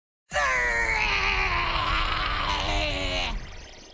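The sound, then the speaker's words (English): A person imitates the growl of Paris, a poodle, as a single sustained, strained vocal snarl lasting about three seconds with a rough, harmonic rasp that slowly drops in pitch before cutting off. “Sometimes she growls at me like this.”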